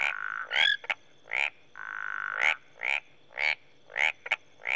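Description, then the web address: Frogs calling in a mixed chorus, short ringing chirps alternating with a sustained buzzing trill, the bursts separated by short gaps. Mixed chorus of marsh frogs and tree frogs recorded in Rwanda, Africa. "Africa - Natural World 08 Rwanda, Marsh And Tree Frogs"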